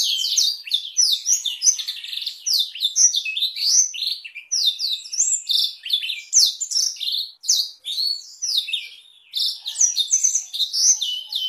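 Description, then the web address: Black-throated canary singing a long, rapid, high-pitched warble of sharp twittering notes and quick slurred whistles, nearly continuous with only brief pauses. "blackthroat suara-blackthroat"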